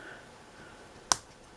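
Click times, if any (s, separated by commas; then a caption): 1.1 s. A plastic accessory peg is pushed into the peg hole on the back of a small transforming cassette toy figure. After quiet background hiss, one short, sharp snap sounds at 1.1 s as the peg seats snugly in place.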